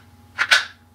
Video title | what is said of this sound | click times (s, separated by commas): Taurus TH9 compact Holster by Defense Training | it also has the audible snap | 0.4 s